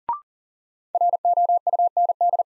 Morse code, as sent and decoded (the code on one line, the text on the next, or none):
.-. --- ..- -. -..
ROUND